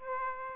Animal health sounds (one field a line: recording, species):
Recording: mosquito wingbeat signal from an infrared sensor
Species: Aedes aegypti